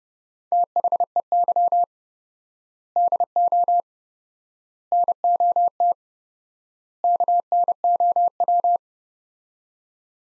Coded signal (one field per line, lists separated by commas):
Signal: Morse code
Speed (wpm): 30 wpm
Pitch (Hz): 700 Hz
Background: none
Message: THEY DO NOT KNOW